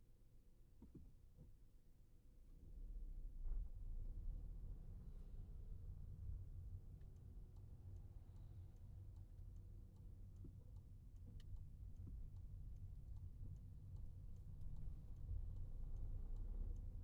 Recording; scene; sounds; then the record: everyday scene through a hearing-aid microphone; in a vehicle; engine, rumble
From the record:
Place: Skoda Fabia, gasoline engine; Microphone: behind the ear, right, rear